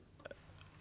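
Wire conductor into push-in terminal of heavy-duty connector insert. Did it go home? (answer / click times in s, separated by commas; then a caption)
yes / 0.3 s. A stripped wire is pushed into a push-in terminal of a heavy-duty connector insert over a low, steady hum. A sharp click at 0.3 s, followed closely by a second similar tick, marks the wire seating in the terminal.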